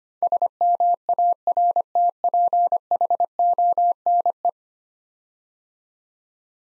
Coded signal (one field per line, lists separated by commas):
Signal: Morse code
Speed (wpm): 25 wpm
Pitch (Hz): 700 Hz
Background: none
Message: SMARTPHONE